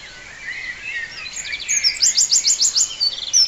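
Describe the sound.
Bird chirping, a rapid run of high, sharp notes, with softer scattered chirps before and after over a steady background hiss.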